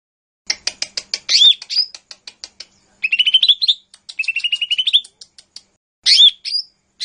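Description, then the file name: Lesser green leafbird giving rapid dry ticking notes and whistled slurs, then two fast trilled runs, closing with a sharp whistled burst. "audio cucak hijau mini. omkicau"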